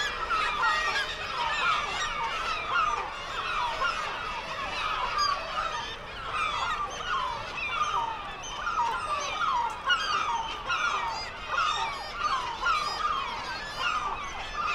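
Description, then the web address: Black-legged kittiwake calls, repeated nasal cries rising and falling in waves from many birds calling together. "sound Black-legged-kittiwake. صدای-پرنده-کاکایی-پاسیاه"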